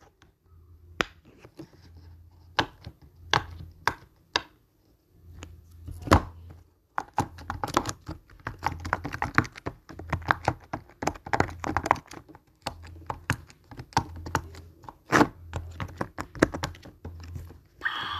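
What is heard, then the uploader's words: A silicone fidget toy is pressed over and over, giving sharp little pops and clicks. The pops come sparse at first, then crowd into quick, busy runs from about seven seconds on, over a low pulsing hum. O escolhido de hoje foi o Pop It.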